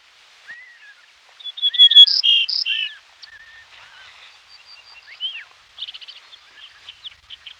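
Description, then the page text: Grey-necked bunting giving one short song of a few loud, clear notes, followed by scattered soft chirps and whistles. "Grey-Necked Bunting Song. Quick Sounds"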